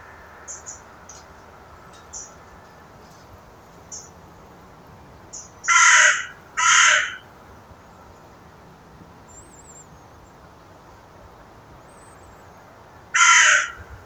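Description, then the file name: Carrion crow calling, a pair of loud rasping caws midway then a single caw after a long pause, with faint high chirps of small birds early on. "Corvus corone"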